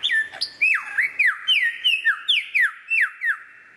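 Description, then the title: White-rumped shama song: a few varied opening phrases, then a rapid run of several clear whistled notes, each sliding sharply downward. Described as the best murai batu of 2014, used for mastering (song training). "mster Mnuk. Mastering Murai Batu Terbaik 2014"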